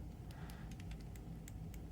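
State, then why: Not seated. A spring-loaded rail latch assembly is pushed down while a left Joy-Con is reassembled into a clear plastic shell. Several faint taps are heard against a low background hum, but nothing has seated or clicked yet. The latch fails to go through because its small spring is not straight, so the part has to come off again.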